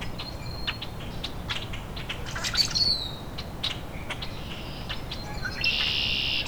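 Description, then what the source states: Rusty Blackbird song: sharp high squeaks and a slurred descending whistle, ending in a sustained high buzzy note, over soft low background rumble. Male singing loudly right in front of the recordist in the dogwoods; not a very common bird.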